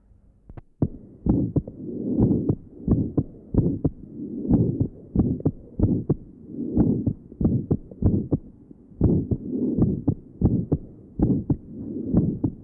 Patient has congenital aortic stenosis. Note the harsh ejection systolic murmur at the aortic area. There is also an aortic ejection sound.